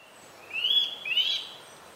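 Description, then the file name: Eurasian nuthatch call: two drawn-out, slightly rising notes in succession, clear over a quiet background. "Sitta europaea"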